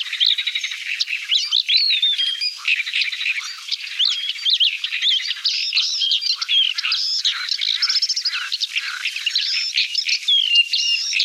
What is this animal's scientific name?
Acrocephalus agricola